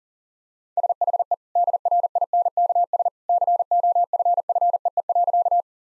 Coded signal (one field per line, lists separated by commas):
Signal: Morse code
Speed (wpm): 40 wpm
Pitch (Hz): 700 Hz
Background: none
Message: SHE DRINKS COFFEE.